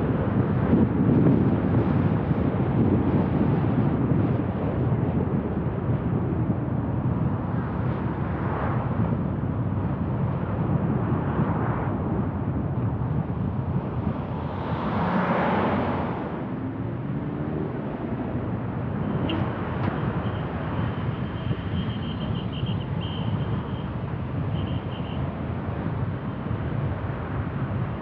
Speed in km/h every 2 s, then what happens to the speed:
48, 42, 38, 34, 30, 21, 11, 11, 15, 19, 22, 24, 28, 32.
0-12 slows to 11. 14-28 speeds up to 32.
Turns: 18-28.